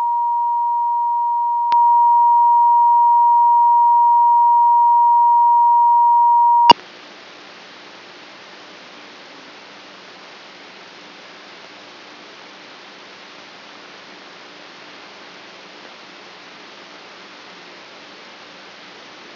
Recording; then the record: brain microelectrode recording played as sound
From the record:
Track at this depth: outside the subthalamic nucleus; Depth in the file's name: 7.067 mm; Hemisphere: left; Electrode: 3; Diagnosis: Parkinson's disease